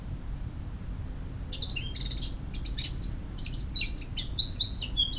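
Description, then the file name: Eurasian blackcap, warbling song that begins after a second of quiet, a jumble of bright whistled and scratchy notes against a soft low background rumble. "Sylvia atricapilla"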